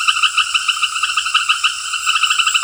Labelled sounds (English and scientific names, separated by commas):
none